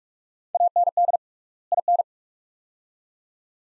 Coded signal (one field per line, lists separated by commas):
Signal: Morse code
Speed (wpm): 46 wpm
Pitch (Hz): 700 Hz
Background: none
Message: AND IN